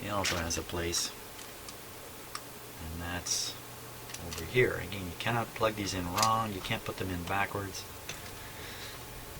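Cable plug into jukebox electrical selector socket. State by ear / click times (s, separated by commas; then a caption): seated / 8.1 s. A multi-pin cable connector is plugged into its keyed socket on a Seeburg jukebox electrical selector while someone talks. The connector can only go in one way, and it snaps into place with a short click at 8.1 s, fully seated.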